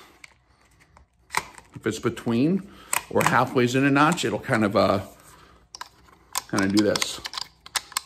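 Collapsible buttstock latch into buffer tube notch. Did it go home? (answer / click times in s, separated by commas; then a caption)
yes / 8.0 s. Someone talks while adjusting a FAB Defense RAPS-C collapsible polymer buttstock on an AR-15 along its buffer tube, after it had been sitting between notches, and a few sharp taps and clicks are heard. At 8.0 s the latch drops into its notch with a short click, and the stock is seated.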